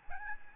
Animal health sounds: mosquito wingbeat signal from an infrared sensor; Aedes albopictus

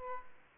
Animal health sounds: mosquito wingbeat signal from an infrared sensor; Aedes aegypti

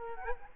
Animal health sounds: mosquito wingbeat signal from an infrared sensor; Culex quinquefasciatus

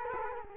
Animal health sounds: mosquito wingbeat signal from an infrared sensor; Culex quinquefasciatus

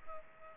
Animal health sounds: mosquito wingbeat signal from an infrared sensor; Culex pipiens

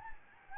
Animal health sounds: mosquito wingbeat signal from an infrared sensor; Anopheles gambiae

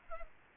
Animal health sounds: mosquito wingbeat signal from an infrared sensor; Culex pipiens

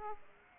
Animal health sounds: mosquito wingbeat signal from an infrared sensor; Aedes aegypti

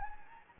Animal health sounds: mosquito wingbeat signal from an infrared sensor; Anopheles gambiae

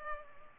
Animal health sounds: mosquito wingbeat signal from an infrared sensor; Culex pipiens

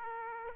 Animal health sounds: mosquito wingbeat signal from an infrared sensor; Aedes aegypti

